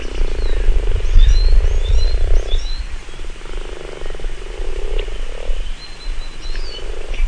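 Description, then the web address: Frog croaking, several rasping low bursts in quick succession, with faint high bird chirps and steady background hiss. Recorded in spring. "lindenbergschule fruehling frog"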